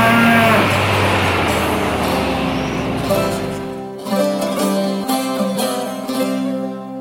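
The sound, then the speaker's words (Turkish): A bull moos in a long, deep, drawn-out bellow lasting several seconds, followed by shorter, higher calls that rise and waver. The sounds are loud and there is no talking. “İşin doğrusu baba, biz bu boğaya ortak almaya mecbur kaldık.”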